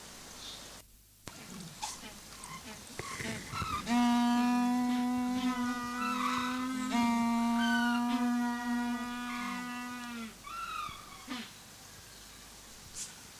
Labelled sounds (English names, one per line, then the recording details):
Humboldt Penguin call
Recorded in captivity
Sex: group
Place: Zoo Halle, Sachsen-Anhalt, DE
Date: 2003-10-16 17:20
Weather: heiter, ca. 5-6°C
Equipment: Fair Mate ST-1328 (Asahi Electronics, Japan), Sennheiser ME 80, Kopie Uher 4000 Report Monitor
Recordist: Tembrock, Günter
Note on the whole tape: Verschiedene Exemplare: Lautfolgen